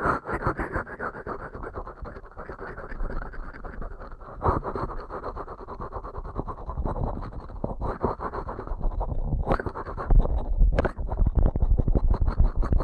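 Ear cleaning sounds made of dense, continuous scratching and rubbing, mostly low and muffled with a thin brighter hiss above. Sharper scraping bursts stand out around 4.5, 8, 9.5 and 11 seconds, and the texture grows busier and more crackly toward the end.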